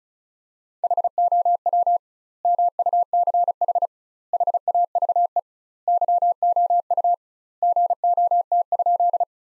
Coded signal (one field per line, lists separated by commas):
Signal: Morse code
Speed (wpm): 36 wpm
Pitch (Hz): 700 Hz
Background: none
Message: HOW MUCH HAVE YOU GOT?